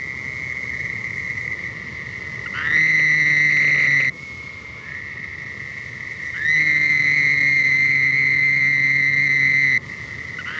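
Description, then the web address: Toad trilling: an unbroken background trill, with two loud sustained trills rising in, the second lasting about three seconds before cutting off. "Bufonidae"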